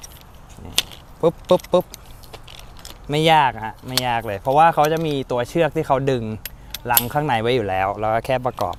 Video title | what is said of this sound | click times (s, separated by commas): รีวิวเก้าอี้แคมป์ปิ้ง QUECHUA LOW CHAIR 500 XL | ในการสอบแต่ละท่อนนะครับให้เข้าล็อคของเขาอ่ะปุ๊บ | 0.8 s